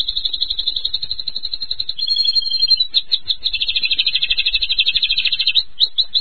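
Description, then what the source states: Bird singing a rapid, high chattering trill that briefly changes to a sustained whistled note, then resumes fast repeated buzzy notes throughout. Masteran bird song.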